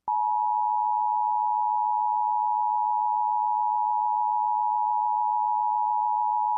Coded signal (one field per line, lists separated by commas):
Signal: Emergency Alert System (SAME) tones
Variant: 853 and 960 Hz attention tone